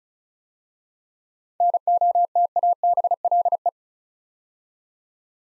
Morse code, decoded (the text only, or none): NOTABLE